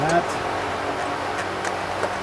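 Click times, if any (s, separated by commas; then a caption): none. On a 1994–96 Impala SS during an electric water pump install, the plastic cover is being fitted onto the underhood fuse box, with the new pump wires routed out the side slots and the cover to be pressed down into its locking grooves, two on one side and one on the other. Someone talks over a steady broadband hiss with a few faint brief ticks. The cover has not locked into place yet, and nothing has seated or clicked.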